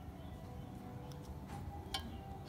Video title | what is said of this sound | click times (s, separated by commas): CARA MENGGANTI PISTON VESPA DENGAN PISTON NINJA - UPGRADE PAKAI PISTON NINJA 150 R #vespa | sampai terdengar klik nah udah | 2.0 s